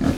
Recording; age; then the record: pig call; growing-finishing pig (85 days or more)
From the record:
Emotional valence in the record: positive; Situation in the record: enriched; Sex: female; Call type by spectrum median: low-frequency call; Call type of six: low-frequency stable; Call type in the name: low-frequency stable, not sure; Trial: 2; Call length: 0.18 s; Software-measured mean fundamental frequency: 44 Hz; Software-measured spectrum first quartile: 188 Hz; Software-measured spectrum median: 294 Hz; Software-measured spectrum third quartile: 741 Hz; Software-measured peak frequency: 253 Hz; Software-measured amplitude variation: 201 dB a second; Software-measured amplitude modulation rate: 19.5 a second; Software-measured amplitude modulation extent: 10.3 dB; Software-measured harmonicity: -0.2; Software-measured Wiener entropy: -1.17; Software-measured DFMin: 664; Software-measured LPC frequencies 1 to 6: 1475, 3270, 4736, 5591, 6480, 8052 Hz